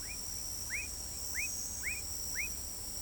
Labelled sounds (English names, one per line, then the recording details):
none
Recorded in pastures near Pivijay, Magdalena, Colombia, on 1 June 2023 at 02:30
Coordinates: 10.456, -74.369
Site P6-G026